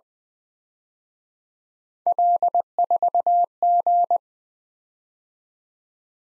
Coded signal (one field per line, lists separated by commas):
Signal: Morse code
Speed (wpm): 20 wpm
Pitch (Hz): 700 Hz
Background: none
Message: L4G